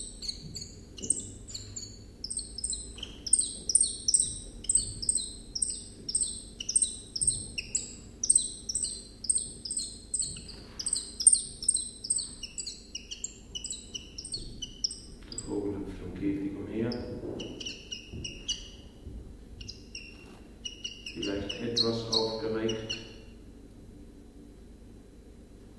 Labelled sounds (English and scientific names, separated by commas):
Common Chiffchaff (Phylloscopus collybita) song